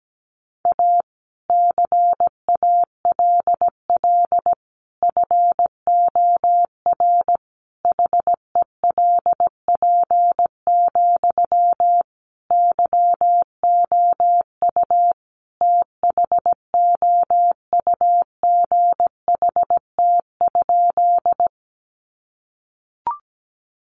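Words sent in Morse code: a single steady beeping tone, mid-pitched, keyed on and off in quick short dots and longer dashes. The pattern runs almost without pause from about the first second to around 21 seconds, then silence, with one brief click near the end.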